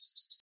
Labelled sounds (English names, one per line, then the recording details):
Yellowhammer song
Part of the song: start
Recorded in the Czech Republic on 30 June 2013
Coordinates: 49.226, 17.938
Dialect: BlBh
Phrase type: C31
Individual 313234